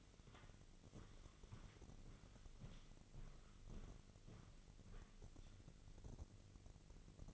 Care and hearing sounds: daily activity, microphone in the room; walk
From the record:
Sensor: 4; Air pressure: 1002.5 hPa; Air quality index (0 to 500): 220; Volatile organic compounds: 12 ppm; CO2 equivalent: 2377 ppm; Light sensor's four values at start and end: 21/72/26/26 and 21/72/27/27

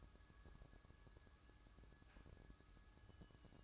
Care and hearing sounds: daily activity, microphone in the room; take from stove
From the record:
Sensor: 2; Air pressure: 1007.8 hPa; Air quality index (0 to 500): 101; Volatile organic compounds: 1 ppm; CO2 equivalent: 760 ppm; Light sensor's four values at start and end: 7/15/6/6 and 7/15/6/6

